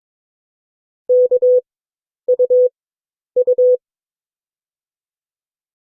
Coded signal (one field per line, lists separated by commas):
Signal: Morse code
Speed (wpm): 22 wpm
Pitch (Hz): 500 Hz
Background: none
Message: K U U